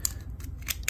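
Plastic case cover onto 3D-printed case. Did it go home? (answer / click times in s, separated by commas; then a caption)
yes / 0.0 s, 0.9 s. A 3D-printed plastic cover is pressed onto a 3D-printed case holding a Pi Zero and an eInk display. Sharp clicks are heard at 0.1 s and 0.9 s, with fainter ticks in between, as the cover snaps on. The cover is seated and secured in place.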